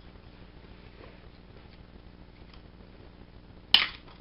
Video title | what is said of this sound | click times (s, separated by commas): unboxing Legacy Megazord and Legacy Power Morpher (2/3) | wow that's that's a solid click | 3.7 s